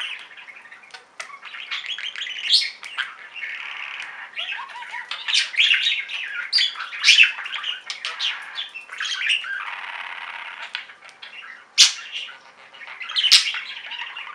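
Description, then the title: Budgerigar chatter, raspy warbles and squawks with drawn-out scratchy notes and sharp clicks. "Budgie Sounds"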